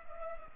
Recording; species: mosquito wingbeat signal from an infrared sensor; Culex pipiens